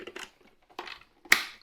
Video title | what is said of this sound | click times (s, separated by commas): Transform Pet Grooming with the iPettie Max15 Vacuum! | snaps right in and if you want to take it out it snaps out easily as well | 1.3 s